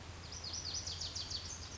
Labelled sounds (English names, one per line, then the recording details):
Lazuli Bunting
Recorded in Sonoma County, California